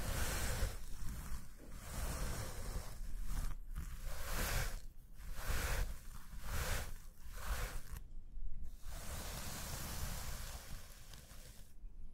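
Hands scratch and stroke a surface in a dense, hissing rustle that swells and eases in repeated strokes about once a second. Brief pauses break the rubbing near 3.5, 5 and 8 seconds, with a low rumble running underneath throughout.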